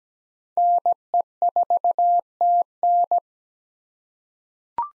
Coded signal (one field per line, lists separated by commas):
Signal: Morse code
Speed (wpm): 17 wpm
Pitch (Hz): 700 Hz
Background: none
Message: NE4TN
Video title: 2023 SOTA Chaser Call Signs - 17wpm